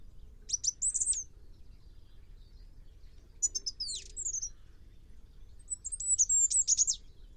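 Bird calls: three quick bursts of sharp, piercing high notes with short slurred tails, separated by brief pauses, over quiet background rumble.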